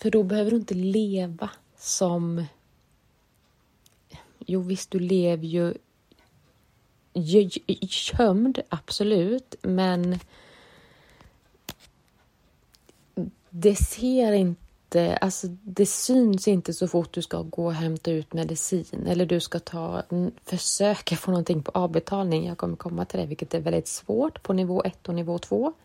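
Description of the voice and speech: An adult woman speaks Swedish in phrases broken by silent gaps of two to three seconds, some falling mid-phrase, with a few stretched sounds, then speeds into a more fluent run. The pattern is stuttering with silent blocks and prolongations; her stutter is sometimes very audible and sometimes not at all.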